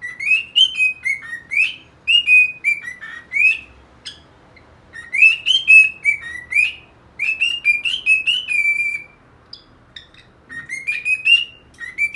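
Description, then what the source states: Cockatiel whistled song with a continuous chain of warbling, wavering whistles, a short break, then a final rising phrase. Song for training a pet cockatiel.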